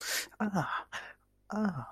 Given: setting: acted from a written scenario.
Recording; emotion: vocal sound without words; pain